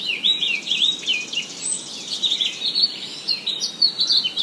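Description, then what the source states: Birds chirping, with quick bright notes and short sweeping whistles jumbled together over a steady faint background hiss. Forest, Kennebunkport, Maine, USA.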